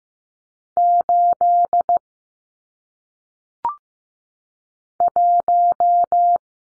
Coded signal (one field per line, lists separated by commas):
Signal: Morse code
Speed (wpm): 15 wpm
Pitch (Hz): 700 Hz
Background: none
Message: 8 1